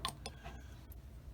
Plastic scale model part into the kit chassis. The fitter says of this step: it was sitting proud a little bit but then it clicked into place yeah and that part's fitting right in there so